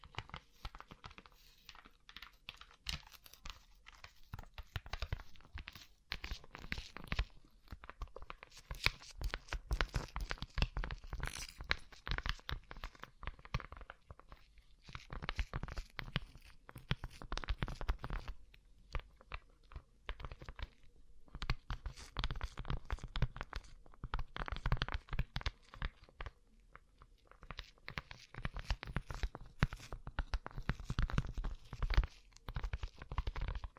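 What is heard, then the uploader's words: Rhinestone-covered surfaces are tapped and scratched, making dense bursts of crisp, crunchy clicks that come in clusters with brief pauses, notably around 14 and 20 seconds. The sound is bright and gritty. ASMR Rhinestone Covered Tapping 3Dio (No Talking).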